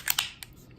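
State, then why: Seated. An empty M&P Shield 9mm pistol is pushed into a molded polymer (Kydex-style) OWB holster from Bravo Concealment until it locks in place. A sharp, bright click comes at 0.1 s, followed by a second loud snap near 0.2 s, a softer tick around 0.4 s and a very faint one near 0.7 s. The pistol is seated in the holster's retention with a positive click at 0.1 s.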